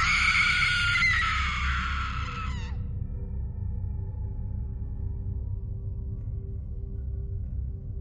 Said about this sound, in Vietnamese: Bất thình lình có một tiếng hét thất thanh vang lên sau nhà.